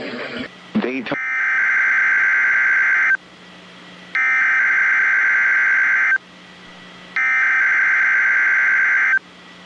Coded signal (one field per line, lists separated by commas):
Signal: Emergency Alert System (SAME) tones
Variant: header bursts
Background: speech